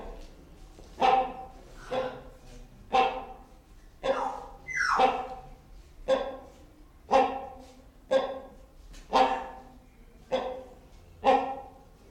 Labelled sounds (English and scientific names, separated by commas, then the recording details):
Common Hill Myna (Gracula religiosa)
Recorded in captivity
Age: adult
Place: Zoo Berlin, Berlin, DE
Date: 1994-03-26 11:22
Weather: 4-5°C, bedeckt, z.T. Regen
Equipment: Marantz CP 430, Sennheiser ME 80, Kopie Uher Variocord 263
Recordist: Tembrock, Günter